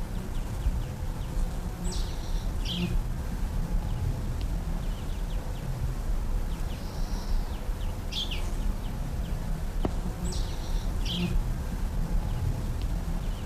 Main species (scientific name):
Pyrrhula pyrrhula